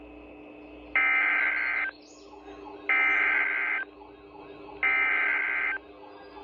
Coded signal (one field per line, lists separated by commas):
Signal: Emergency Alert System (SAME) tones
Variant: header bursts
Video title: FFC Severe Thunderstorm Watch On NOAA Weather Radio EAS